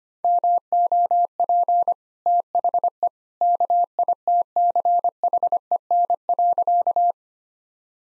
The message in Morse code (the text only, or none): MOP THE KITCHEN.